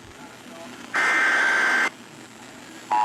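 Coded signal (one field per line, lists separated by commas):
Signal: Emergency Alert System (SAME) tones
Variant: header bursts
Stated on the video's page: Required Monthly and Weekly Tests received on a collection of 100 radios sounding together.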